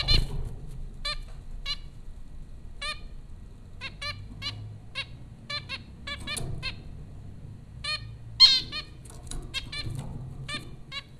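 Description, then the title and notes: Zebra finch calls, a long run of short nasal beeping notes, sometimes doubled, repeated irregularly every half second or so over a faint low hum. Four zebra finches recorded by Dan Bodah at Popcorn School, Flatbush, Brooklyn, New York, USA, April 15, 2009. "Dronecast No. 030: The Popcorn Finches Four from Apr 15, 2009. Zebra finches recorded by Dan Bodah at Popcorn School, Flatbush, Brooklyn NY in April 2009"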